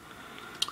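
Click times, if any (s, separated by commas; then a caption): 0.6 s. The plastic torso of a Transformers Robots In Disguise (2015) Thunderhoof Warrior Class toy is pushed onto the peg hole of the figure's body, giving one sharp click at 0.6 s and a fainter tick at 0.7 s. The torso only clips in loosely, not perfectly, because its small hole was meant for the weapon, but the small click is enough for it to hold.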